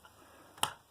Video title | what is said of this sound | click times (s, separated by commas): McFadden Machine Lightning Grip Loader. | Push the button, slides right in. Now it's locked in. | 0.6 s